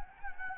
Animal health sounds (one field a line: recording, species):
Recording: mosquito wingbeat signal from an infrared sensor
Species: Anopheles gambiae